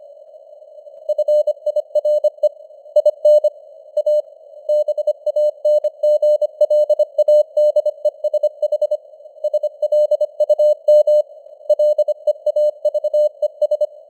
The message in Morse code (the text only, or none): FIRE IN A BANGLADESH SLUM LEAVES